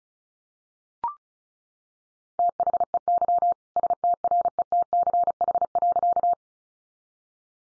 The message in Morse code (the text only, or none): THEY STRETCH.